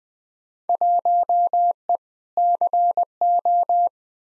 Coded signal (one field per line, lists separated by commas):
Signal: Morse code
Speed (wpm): 20 wpm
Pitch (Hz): 700 Hz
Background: none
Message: 1E CO